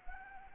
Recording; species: mosquito wingbeat signal from an infrared sensor; Anopheles gambiae